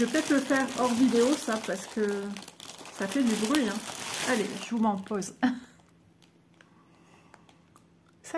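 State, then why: Not seated. Someone talks over crinkling as a storage bag or box holding embroidery canvas and threads is closed, with air possibly pressed out. After about 5.6 s it goes quiet, with faint soft ticks around 6.2, 6.6, 7.3, 7.5, 7.8 and 8.1 s. The closure does not click; nothing has seated or clicked yet.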